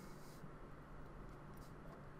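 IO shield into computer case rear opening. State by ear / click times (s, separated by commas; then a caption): not seated / none. An IO shield is held and turned the right way around before being pushed into the rear opening of a computer case. Only a steady, broadband hiss with low rumble is heard, with no distinct impacts. Nothing has seated or clicked yet.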